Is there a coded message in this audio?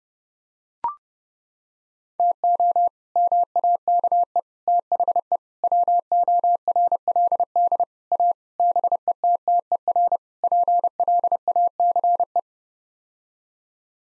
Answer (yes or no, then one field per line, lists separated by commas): yes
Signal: Morse code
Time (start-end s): 2.2-12.4 s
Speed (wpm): 30 wpm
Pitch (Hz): 700 Hz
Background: none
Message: TO MAKE THE WORLD A BETTER PLACE